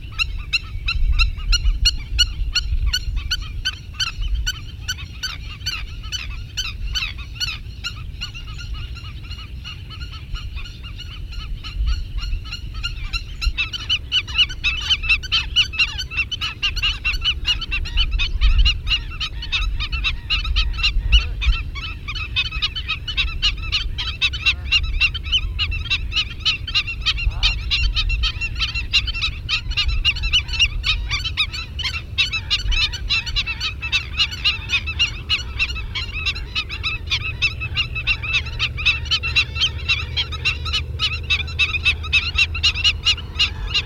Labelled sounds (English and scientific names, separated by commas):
Black-winged Stilt (Himantopus himantopus) call